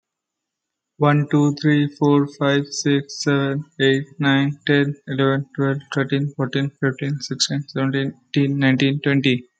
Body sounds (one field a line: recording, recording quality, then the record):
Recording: counting at a normal pace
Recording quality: excellent, no background noise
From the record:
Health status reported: healthy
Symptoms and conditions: none ticked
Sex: male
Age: 20 years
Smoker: not ticked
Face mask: not worn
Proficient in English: yes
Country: India